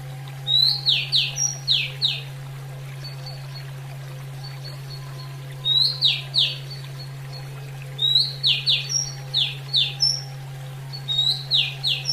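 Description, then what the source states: Oriental magpie-robin song in bursts: a high upward whistle then a rapid series of several descending slurred notes, repeated four times, with a steady low hum. Female.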